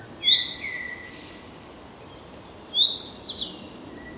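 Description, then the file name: Common chaffinch calls: two short, sharp high notes spaced a few seconds apart, with other thin whistles in the background. "Fringilla coelebs"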